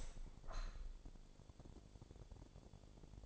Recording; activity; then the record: daily activity, microphone in the room; open window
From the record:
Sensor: 5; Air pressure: 1000.5 hPa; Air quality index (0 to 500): 148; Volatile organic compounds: 2 ppm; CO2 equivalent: 1138 ppm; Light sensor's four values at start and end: 40/95/40/43 and 40/95/40/43